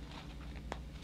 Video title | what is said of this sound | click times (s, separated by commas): Make a No SEW FACE MASK Strap, Safer than a Lanyard for KIDS, Easy | once that snapped in place | 0.7 s